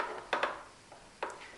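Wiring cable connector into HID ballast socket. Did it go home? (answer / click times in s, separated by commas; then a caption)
yes / 0.3 s. The cable from a small KT Moto control box is pushed into the plastic HID ballast connector on a Yamaha R6 headlight harness during a KT V2 headlight install. A sharp plastic click is heard at 0.3 s, followed by a second snap at 0.4 s and another click at 1.2 s. The connector clips into the ballast and is seated.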